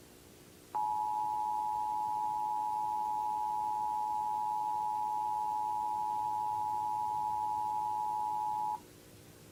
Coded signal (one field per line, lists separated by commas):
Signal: Emergency Alert System (SAME) tones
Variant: 853 and 960 Hz attention tone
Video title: December 7, 2011 - July 4, 2012 EAS test compilation (EAS #8-20)